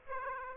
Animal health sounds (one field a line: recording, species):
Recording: mosquito wingbeat signal from an infrared sensor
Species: Aedes aegypti